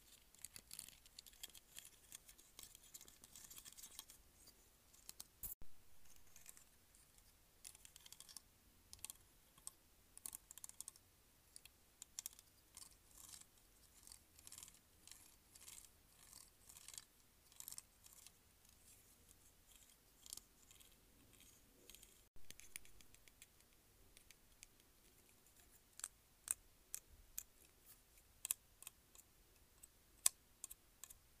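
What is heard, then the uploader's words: Hair clips being handled: dense, irregular small clicks and snaps, bright and light, run throughout. A few sharper snaps stand out near six and twenty-two seconds, and the clicks thin into scattered taps toward the end. ASMR: Hair Clips.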